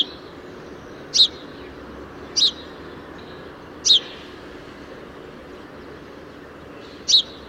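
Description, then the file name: House sparrow giving four short sharp chirps at uneven intervals. "Passer domesticus"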